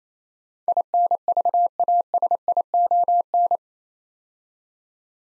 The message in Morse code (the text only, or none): INVASION